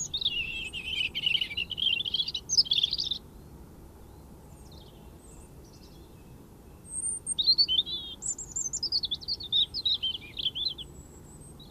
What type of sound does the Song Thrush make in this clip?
song